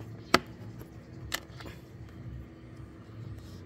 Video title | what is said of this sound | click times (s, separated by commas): May 21, 2024 | nag-lock na. | 0.3 s